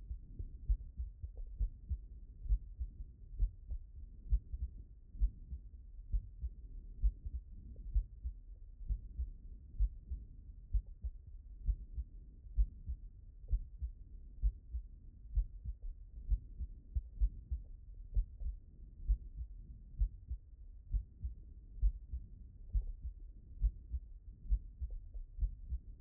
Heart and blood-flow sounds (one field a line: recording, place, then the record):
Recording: heart sounds by stethoscope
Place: mitral valve (MV)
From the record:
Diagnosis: non-HFrEF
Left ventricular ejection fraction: 60%